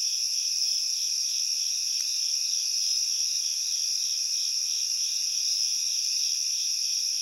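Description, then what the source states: Many crickets trill at once, a constant high-pitched wall of sound with a gentle rhythmic pulse and one faint click partway through. Heavy cricket chorus recorded at night in a backyard.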